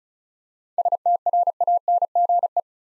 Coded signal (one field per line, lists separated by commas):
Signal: Morse code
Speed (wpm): 36 wpm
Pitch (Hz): 700 Hz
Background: none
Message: STRANGE